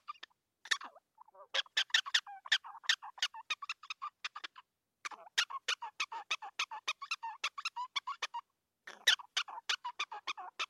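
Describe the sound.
Prairie dog bark series: rapid, sharp chirping yips repeated several times a second, with short pauses breaking the run into bursts.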